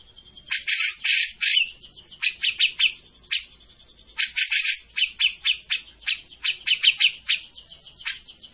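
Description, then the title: Grey-cheeked bulbul giving harsh, squawking chatter in dense rapid bursts, nearly continuous throughout. Bird-training master of a bird in full, energetic song (gacor). "Cucak Jenggot Gacor. Masteran burung cucak jenggot ! Suaka burung"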